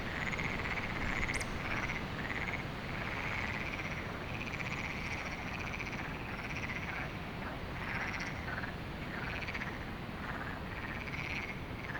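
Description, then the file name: Frog chorus of overlapping short calls that run almost without a break, with a few sharp clicks and a constant windy hiss beneath. Frogs heard at night at Lagoa do Canário, with wind; binaural recording. "Lagoado Canario frogs wind night binaural"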